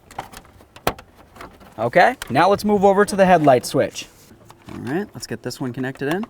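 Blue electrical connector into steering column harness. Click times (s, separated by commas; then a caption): 0.9 s. A blue plastic electrical connector is pushed into the steering column harness of a 1994–2004 Chevy S-10 during a combination switch replacement, with a few light handling taps before a sharp click at 0.9 s as it seats. Someone then talks.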